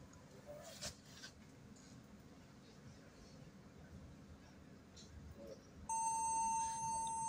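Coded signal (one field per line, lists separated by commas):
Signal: beep code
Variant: HP laptop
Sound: quiet room hum, then one steady high beep that continues to the end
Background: quiet room noise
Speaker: turn it on. That's the sound. Continuous Beep sound with Black screen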